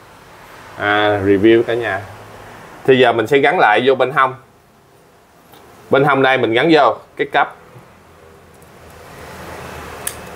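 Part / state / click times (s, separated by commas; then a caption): wireless mic receiver adapter into action camera side mount / seated / 10.1 s. A wireless mic receiver adapter is fitted onto the side mount of an Insta360 Ace Pro action camera while someone talks. After the talking stops, a single sharp click at 10.1 s marks the adapter snapping into place and seating.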